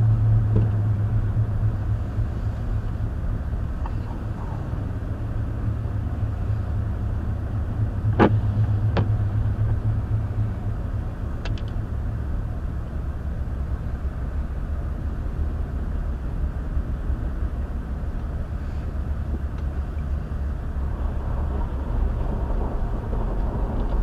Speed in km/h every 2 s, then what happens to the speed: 34, 29, 31, 32, 32, 31, 27, 26, 26, 26, 23, 19.
0-8 steady at about 32. 8-13 slows to 26. 13-18 steady at about 26. 18-24 slows to 19.